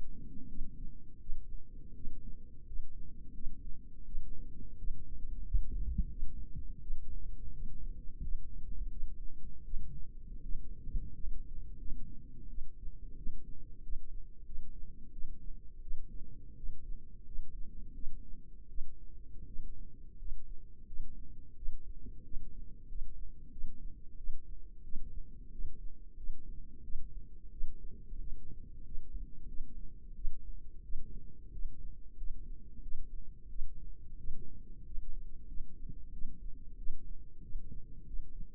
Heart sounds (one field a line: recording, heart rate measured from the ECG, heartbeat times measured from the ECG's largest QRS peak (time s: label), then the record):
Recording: heart sounds by microphone in the left ear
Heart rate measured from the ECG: 88 bpm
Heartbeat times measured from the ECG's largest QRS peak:
0.48 s: heartbeat
1.20 s: heartbeat
1.95 s: heartbeat
2.66 s: heartbeat
3.34 s: heartbeat
4.05 s: heartbeat
4.78 s: heartbeat
5.45 s: heartbeat
6.09 s: heartbeat
6.81 s: heartbeat
7.53 s: heartbeat
8.22 s: heartbeat
8.90 s: heartbeat
9.64 s: heartbeat
10.43 s: heartbeat
11.14 s: heartbeat
11.78 s: heartbeat
12.49 s: heartbeat
13.17 s: heartbeat
13.82 s: heartbeat
14.45 s: heartbeat
15.12 s: heartbeat
15.81 s: heartbeat
16.56 s: heartbeat
17.26 s: heartbeat
17.94 s: heartbeat
18.68 s: heartbeat
19.46 s: heartbeat
20.18 s: heartbeat
20.87 s: heartbeat
21.56 s: heartbeat
22.24 s: heartbeat
22.88 s: heartbeat
23.51 s: heartbeat
24.17 s: heartbeat
24.84 s: heartbeat
25.51 s: heartbeat
26.16 s: heartbeat
26.83 s: heartbeat
27.51 s: heartbeat
28.19 s: heartbeat
28.85 s: heartbeat
29.47 s: heartbeat
30.15 s: heartbeat
30.83 s: heartbeat
31.52 s: heartbeat
32.17 s: heartbeat
32.82 s: heartbeat
33.49 s: heartbeat
34.18 s: heartbeat
34.85 s: heartbeat
35.47 s: heartbeat
36.12 s: heartbeat
36.77 s: heartbeat
37.43 s: heartbeat
38.06 s: heartbeat
From the record:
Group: healthy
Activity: rest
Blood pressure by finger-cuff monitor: 122/78 mmHg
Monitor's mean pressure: 88 mmHg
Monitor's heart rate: 88 bpm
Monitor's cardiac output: 6.8 L/min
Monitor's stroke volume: 78 mL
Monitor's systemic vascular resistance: 940 dyn s/cm5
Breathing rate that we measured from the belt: 21 breaths a minute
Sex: female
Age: 22 years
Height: 163 cm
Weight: 67.1 kg